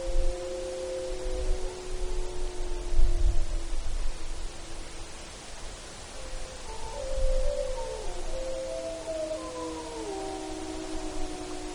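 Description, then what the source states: Gray wolf: several wolves howl together, long steady tones at different pitches, some dipping and sliding, with bursts of low rumble in the background. Wolves in Alaska on 29 April 2015, late evening around 22:54.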